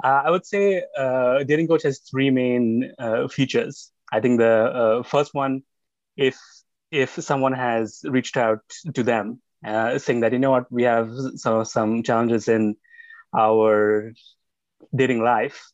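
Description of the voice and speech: A man speaks with stretched sounds, repeated words and hesitant pauses: a mild stutter he has had since an early age.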